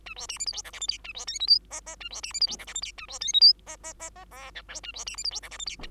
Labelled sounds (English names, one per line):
Bengalese Finch song